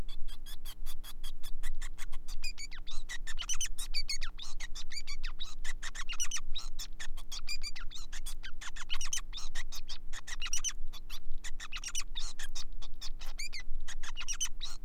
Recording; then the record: song of a male Bengalese finch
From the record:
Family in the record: son of father 5